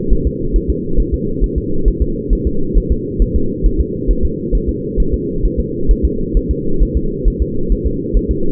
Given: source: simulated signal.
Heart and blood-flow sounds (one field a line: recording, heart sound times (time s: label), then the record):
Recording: fetal heart sounds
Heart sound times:
0.13 s: S1
0.27 s: S2
0.56 s: S1
0.70 s: S2
1.00 s: S1
1.14 s: S2
1.44 s: S1
1.58 s: S2
1.88 s: S1
2.02 s: S2
2.33 s: S1
2.47 s: S2
2.78 s: S1
2.92 s: S2
3.22 s: S1
3.36 s: S2
3.66 s: S1
3.80 s: S2
4.11 s: S1
4.25 s: S2
4.55 s: S1
4.69 s: S2
5.00 s: S1
5.14 s: S2
5.45 s: S1
5.59 s: S2
5.91 s: S1
6.05 s: S2
6.37 s: S1
6.51 s: S2
6.83 s: S1
6.97 s: S2
7.28 s: S1
7.42 s: S2
7.72 s: S1
7.86 s: S2
8.17 s: S1
8.31 s: S2
From the record:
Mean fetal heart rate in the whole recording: 135 bpm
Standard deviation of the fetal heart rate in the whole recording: 3 bpm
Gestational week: 36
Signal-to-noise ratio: -8.1 dB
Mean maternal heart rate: 72 bpm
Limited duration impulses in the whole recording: absent